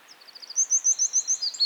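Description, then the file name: Eurasian wren song fragment: a rising series of quick high notes breaking into a rapid, even trill of sharp chips, all very high-pitched. "Troglodytes troglodytes"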